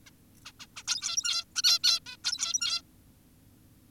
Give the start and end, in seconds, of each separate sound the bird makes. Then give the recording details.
0.07-0.10, 0.46-0.52, 0.60-0.67, 0.76-0.83, 0.88-1.44, 1.56-1.62, 1.64-1.79, 1.84-2.00, 2.06-2.17, 2.24-2.82. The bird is an adult. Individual g17y2U